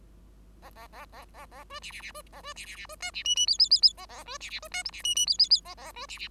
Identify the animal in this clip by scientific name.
Lonchura striata domestica